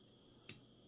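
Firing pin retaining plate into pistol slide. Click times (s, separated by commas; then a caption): 0.5 s. A metal firing pin retaining plate is slid over the top of a Smith & Wesson SD9 pistol slide after the firing pin and spring are reinserted. It gives a single sharp, bright click at 0.5 s over a faint steady hiss. The plate clicks back into place and is seated.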